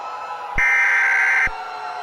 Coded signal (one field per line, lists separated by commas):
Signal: Emergency Alert System (SAME) tones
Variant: header bursts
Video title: unfinished eas scenario: Artificial Terror